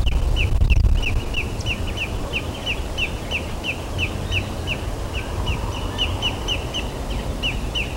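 Bird repeating brief, high, downward-slurred chips several times a second, steady and persistent, with a rumbling noise bed below.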